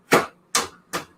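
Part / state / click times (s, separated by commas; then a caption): ink cartridge into printer carriage / seated / 0.6 s. A second plastic ink cartridge is pushed into a printer carriage, giving three short, sharp clicking impacts. The cartridge clicks and locks into place at 0.55 s.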